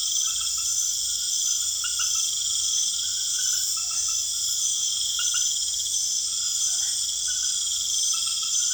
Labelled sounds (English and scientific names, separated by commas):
none